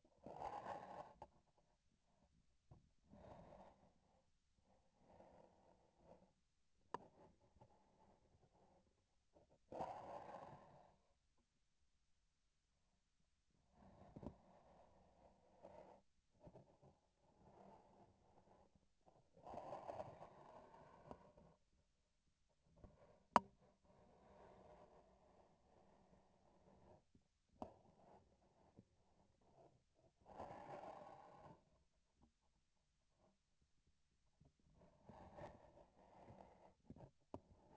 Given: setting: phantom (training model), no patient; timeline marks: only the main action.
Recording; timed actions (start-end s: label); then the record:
laparoscopic instrument, vibration sensor on the handle end
6.74-9.13 s: palpation
16.26-18.91 s: palpation
27.50-29.85 s: palpation
37.24-37.77 s: palpation
From the record:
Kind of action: gesture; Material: synthetic tissue